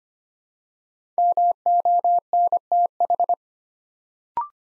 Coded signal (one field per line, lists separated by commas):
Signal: Morse code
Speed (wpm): 25 wpm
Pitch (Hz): 700 Hz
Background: none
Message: MONTH